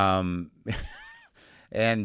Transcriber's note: laughter